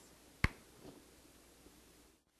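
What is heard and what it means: A plastic canister is pressed up onto the bottom of a negative pressure wound therapy machine and its two orange clamps are closed, giving one loud, sharp snap at 0.4 s. Only faint, soft handling sounds follow before the clip goes silent, and the canister is seated on the machine.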